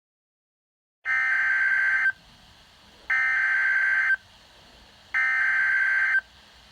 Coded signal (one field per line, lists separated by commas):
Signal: Emergency Alert System (SAME) tones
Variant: header bursts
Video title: Ohio Tornado Emergency EAS Moc